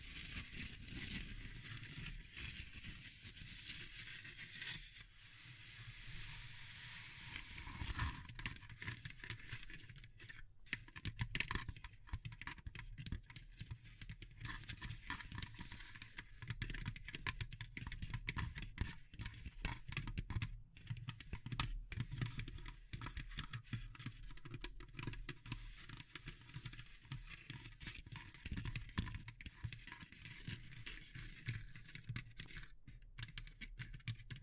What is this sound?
Natural Triggers Wood, Bamboo and Straw